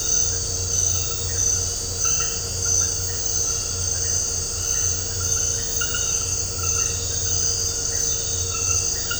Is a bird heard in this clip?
no